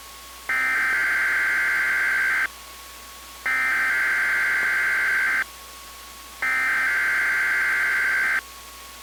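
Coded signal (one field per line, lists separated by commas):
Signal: Emergency Alert System (SAME) tones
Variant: header bursts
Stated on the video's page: Required weekly test from a Canadian weather radio transmitter in Saskatoon on 162.550 MHz.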